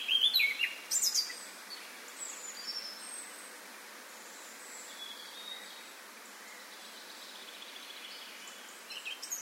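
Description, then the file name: Eurasian blackcap, a few sharp chirping notes in a quick burst near the start, then quiet hiss with faint high notes and a last note at the end. "Sylvia atricapilla"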